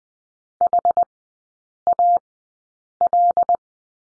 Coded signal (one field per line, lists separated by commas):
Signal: Morse code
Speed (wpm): 20 wpm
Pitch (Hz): 700 Hz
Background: none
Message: HAL